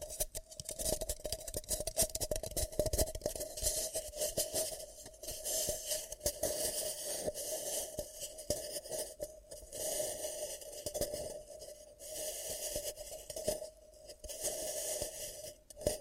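Ear cupping sounds: hands rubbing, pressing and scraping against the microphone in a dense, crackly stream with soft squishy muffles. A faint steady hum runs underneath throughout, and the rustling briefly thins out around five, twelve and fourteen seconds before resuming.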